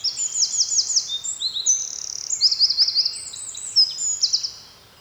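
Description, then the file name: Eurasian wren delivering a vigorous, high, jingling song full of rapid trills and sharp chips. "Troglodytes troglodytes"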